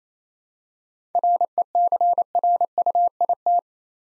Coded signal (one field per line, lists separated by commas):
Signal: Morse code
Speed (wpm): 28 wpm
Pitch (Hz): 700 Hz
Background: none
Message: RECRUIT